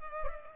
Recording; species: mosquito wingbeat signal from an infrared sensor; Culex pipiens